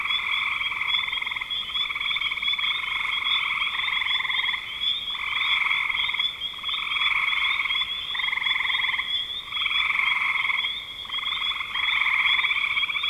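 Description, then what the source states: Many frogs trilling together, buzzy pulsed calls in repeated bursts of about a second with short gaps, backed by a continuous thin high tone. Spring 2025.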